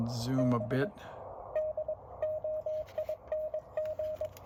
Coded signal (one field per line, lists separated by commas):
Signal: Morse code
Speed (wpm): 21 wpm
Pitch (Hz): 620 Hz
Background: speech, radio noise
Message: B DOING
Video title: HB-1B Low Transmit Power #10 - Back to where we started - “bad” radio transmit stage checks